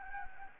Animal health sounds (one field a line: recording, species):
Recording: mosquito wingbeat signal from an infrared sensor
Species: Anopheles gambiae